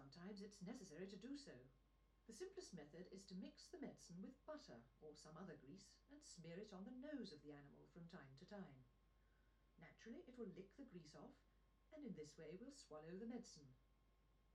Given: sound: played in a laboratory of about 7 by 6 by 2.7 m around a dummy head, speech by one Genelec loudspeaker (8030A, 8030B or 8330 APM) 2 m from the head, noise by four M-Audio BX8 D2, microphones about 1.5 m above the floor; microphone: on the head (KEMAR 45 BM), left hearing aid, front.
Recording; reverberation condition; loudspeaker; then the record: female speech in English; low; 90 degrees to the right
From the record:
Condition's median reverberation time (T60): about 310 ms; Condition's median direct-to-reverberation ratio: about 3.5 dB